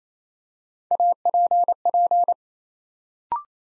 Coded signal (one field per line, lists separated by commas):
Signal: Morse code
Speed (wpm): 27 wpm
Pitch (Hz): 700 Hz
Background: none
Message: APP